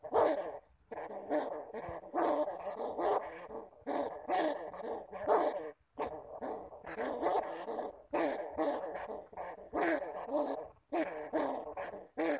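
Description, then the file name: Bamboo rat calls: continuous hoarse grunting growls in quick uneven bursts, punctuated by short gaps and crisp clicks. "Tieng dui keu"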